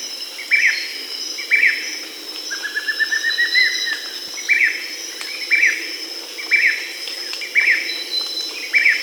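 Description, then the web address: Grayish mourner: sharp, emphatic notes repeated about once a second, broken midway by a quick rising run of short notes, with insects buzzing steadily behind. South America. "Natures Songs S America Grayish Mourner (Rhytipterna simplex"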